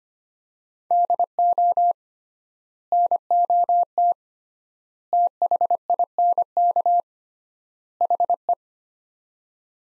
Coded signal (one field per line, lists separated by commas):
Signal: Morse code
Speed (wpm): 25 wpm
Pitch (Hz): 700 Hz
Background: none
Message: DO NOT THINK HE